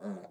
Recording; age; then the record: pig call; piglet (1 to 25 days)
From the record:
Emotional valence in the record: negative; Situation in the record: short isolation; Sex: male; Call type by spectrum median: low-frequency call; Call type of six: mixed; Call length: 0.32 s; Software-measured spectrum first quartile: 202 Hz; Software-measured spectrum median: 320 Hz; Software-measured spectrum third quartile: 604 Hz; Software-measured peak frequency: 199 Hz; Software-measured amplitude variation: 141 dB a second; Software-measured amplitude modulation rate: 14.3 a second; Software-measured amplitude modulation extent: 9.9 dB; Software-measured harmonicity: 6.4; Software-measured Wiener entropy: 0.05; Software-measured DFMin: 1166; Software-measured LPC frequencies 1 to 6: 545, 1428, 3701, 4349, 7088, 7680 Hz